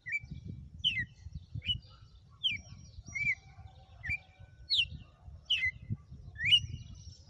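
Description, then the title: Red-cowled cardinal song: many short, bright slurred whistles in quick succession over a low steady rumble. Female; notes say she gave one açoite after another today. "Canto Galo Campina Fêmea. Galo de campina,hj foi um açoite atrás do outro"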